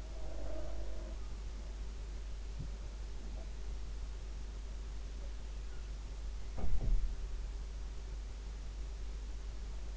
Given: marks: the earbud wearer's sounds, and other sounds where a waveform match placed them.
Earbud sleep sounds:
sounds in sleep by an in-ear microphone; breath
0.00-1.35 s: breath
6.43-7.15 s: sound from someone else or the room

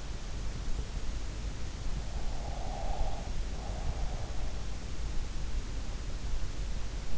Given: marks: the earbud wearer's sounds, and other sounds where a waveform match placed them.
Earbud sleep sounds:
sounds in sleep by an in-ear microphone; breath
2.44-4.14 s: breath

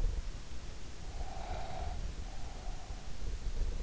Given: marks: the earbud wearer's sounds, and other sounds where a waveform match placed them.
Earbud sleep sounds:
sounds in sleep by an in-ear microphone; breath
0.92-3.02 s: breath

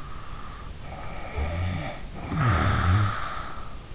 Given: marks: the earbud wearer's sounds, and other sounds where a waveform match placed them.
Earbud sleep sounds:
sounds in sleep by an in-ear microphone; snoring breath
0.32-3.94 s: snoring breath

